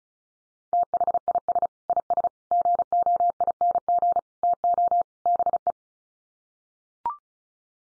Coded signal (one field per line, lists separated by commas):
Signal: Morse code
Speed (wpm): 34 wpm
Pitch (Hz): 700 Hz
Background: none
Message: THIS IS GOING TO BE